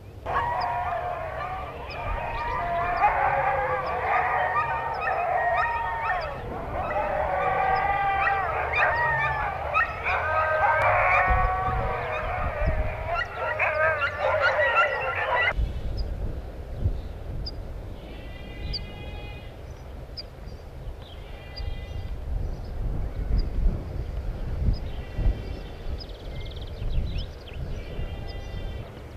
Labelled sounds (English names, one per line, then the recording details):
Meadow Pipit
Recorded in the wild
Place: Stolberg, Nordrhein-Westfalen, DE
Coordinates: 50.74, 6.24
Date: 1985-06-28
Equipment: Sony WM-D6C, Big Ear
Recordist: Skiba, Reinald
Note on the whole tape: Am höchstem Punkt des Breinigerberg, Unmittelbar am Denkmal